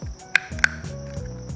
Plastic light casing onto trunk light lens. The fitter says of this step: until you hear it snap into place. There